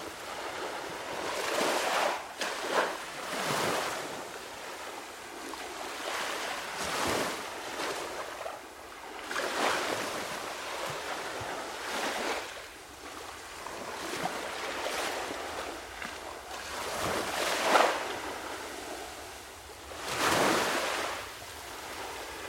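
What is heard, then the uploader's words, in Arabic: Gentle waves wash onto sand in a steady, overlapping rhythm, each surge hissing up and fading within a few seconds. Stronger breaks come near 2, 9, 17 and 21 seconds. A soft wind rumble sits low underneath throughout. أمواج على الرمال. عناق الأمواج الشاطئية اللطيف والمتناغم. قمنا بتسجيل ساعة كاملة من أصوات الأمواج الشاطئية التفصيلية تقريبًا بتقنية البينورال. تم تسجيل هذا التسجيل خلال لحظة من السكون المثالي، مع تدخل رياح دقيقة.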